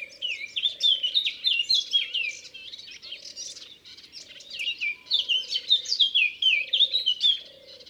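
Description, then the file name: Eurasian blackcap singing fast, varied warbled phrases with bright fluty notes throughout, while a low hollow tone repeats steadily in the background. Recorded in Ardèche. "Fauvette-A-Tete-Noire-Concerts-Naturels-De-l Ardeche"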